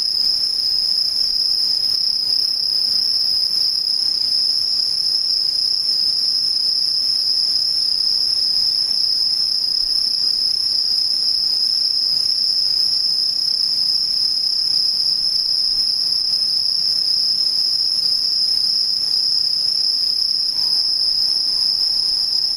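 Insects sing in a steady, unbroken trill, a dense high-pitched buzz with an even brighter thin tone above it. The chorus holds at the same level throughout, with only a faint low hiss beneath and a brief soft tone near the end.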